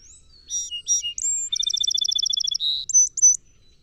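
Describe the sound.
Song Sparrow singing: a pair of bright opening notes and a thin whistle lead into a rapid chattering trill, a short buzz, and a few crisp final notes.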